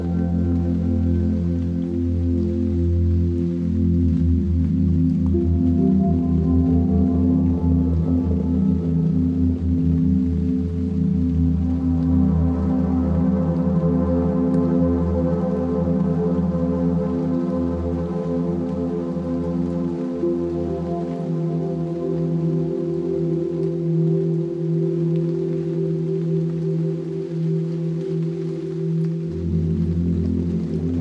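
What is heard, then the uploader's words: Ambient music with a steady, deep drone and long ringing tones like a singing bowl. Around twelve seconds a brighter shimmer swells in above the hum, then slowly thins out by the last few seconds. A faint soft hiss, like light rain, sits underneath throughout. Rain Sounds And Ambient Music: Soundscape For Sleep.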